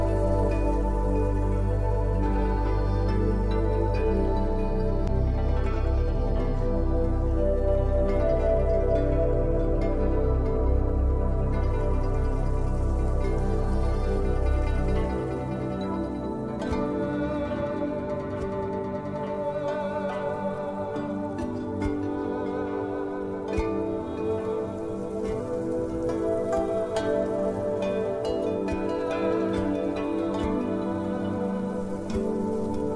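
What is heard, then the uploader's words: Soft, steady temple-style music with sustained low drones and layered mid-range tones that hold evenly throughout. A deep bass layer fades out around fifteen seconds, leaving a lighter sound, while faint plucked notes and small ticks scatter across the upper range. Relaxing With Chinese Bamboo Flute, Guzheng, Erhu.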